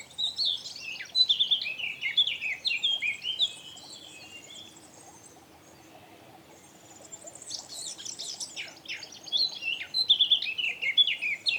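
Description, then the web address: Eurasian blackcap song: two bursts of rapid warbling with whistled slurs, split by a quiet gap of about three seconds. "SETE data Sylvia atricapilla"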